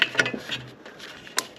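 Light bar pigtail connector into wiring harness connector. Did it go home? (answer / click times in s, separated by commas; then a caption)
yes / 1.4 s. The plastic pigtail connector of a 42-inch Auxbeam LED light bar, installed on a TRD 4Runner, is pushed into its mating wiring harness connector, with a couple of short plastic clacks near the start as the pieces are handled. A sharp click at 1.4 s marks the connector seating.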